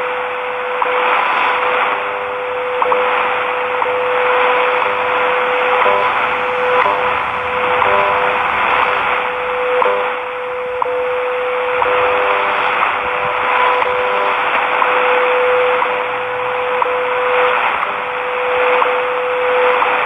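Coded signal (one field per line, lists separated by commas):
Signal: radio time signal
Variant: WWV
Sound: steady 500 Hz tone with faint ticks each second through shortwave hiss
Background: radio static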